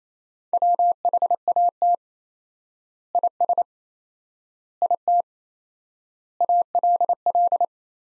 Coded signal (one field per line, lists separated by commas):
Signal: Morse code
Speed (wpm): 28 wpm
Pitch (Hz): 700 Hz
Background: none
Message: WHAT IS IT ALL